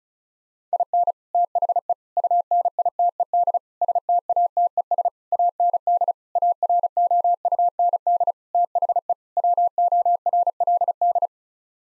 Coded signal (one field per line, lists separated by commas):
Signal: Morse code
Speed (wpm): 36 wpm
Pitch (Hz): 700 Hz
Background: none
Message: IN THE UNITED STATES AND AROUND THE WORLD